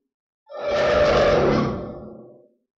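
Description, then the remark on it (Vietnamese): A single deep, growling roar of all kinds of ghosts swells in abruptly, holds loud and rough for about two seconds, then fades away, with no talking. “Cực đạo đế binh vừa biến mất, tất cả các loại quỷ đều gầm thét, thân sắc mọi người thảm biến.”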